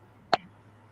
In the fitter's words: you can hear that snap yeah it sounds like it's a good fit very secure yeah